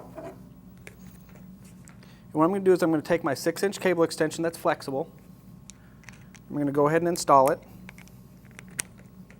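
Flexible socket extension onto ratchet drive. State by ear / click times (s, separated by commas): seated / 8.8 s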